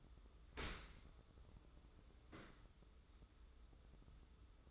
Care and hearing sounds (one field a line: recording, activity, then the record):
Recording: daily activity, microphone in the room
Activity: open dishwasher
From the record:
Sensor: 3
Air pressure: 995.7 hPa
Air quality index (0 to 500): 97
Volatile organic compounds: 14 ppm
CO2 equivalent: 2432 ppm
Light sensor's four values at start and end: 29/86/36/32 and 29/86/36/32